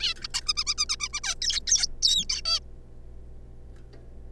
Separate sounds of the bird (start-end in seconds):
0.01-0.14, 0.22-0.27, 0.34-0.41, 0.46-0.53, 0.57-0.64, 0.67-0.74, 0.78-0.85, 0.89-0.96, 1.00-1.08, 1.13-1.20, 1.24-1.34, 1.42-1.60, 1.67-1.87, 2.02-2.25, 2.30-2.41, 2.45-2.60